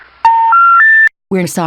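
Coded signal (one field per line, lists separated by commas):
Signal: telephone call progress tone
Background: speech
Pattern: special information tone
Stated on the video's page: EAS SAME tones in a fictional Halloween scenario film, a simulated alert rather than a real broadcast.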